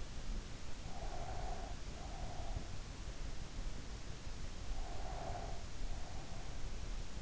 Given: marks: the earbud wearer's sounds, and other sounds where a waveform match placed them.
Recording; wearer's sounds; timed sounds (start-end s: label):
sounds in sleep by an in-ear microphone; breath
0.95-2.62 s: breath
4.76-6.48 s: breath